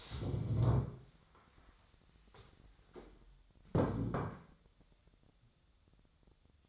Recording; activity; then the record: daily activity, microphone in the room; stand up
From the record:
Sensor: 3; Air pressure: 1015.2 hPa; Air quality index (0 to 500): 150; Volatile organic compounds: 9 ppm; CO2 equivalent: 2134 ppm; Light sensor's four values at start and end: 15/39/15/17 and 15/39/16/17